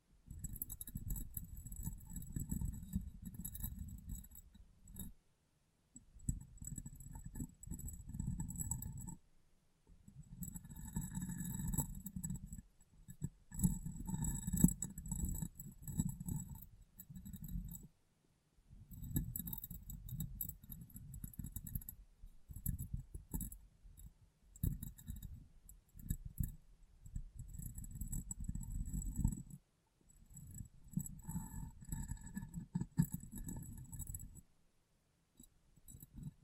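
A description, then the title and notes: Glass being tapped and cleaned in irregular bursts of soft low rubbing and bright ticks, separated by brief silences every few seconds. ASMR Glass Brain Tapping & Cleaning (No Talking).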